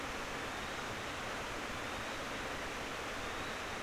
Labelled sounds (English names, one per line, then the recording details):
North Island Brown Kiwi male call
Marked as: faintness 4/5
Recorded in New Zealand on 19 October 2013
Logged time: 01:58
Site CR37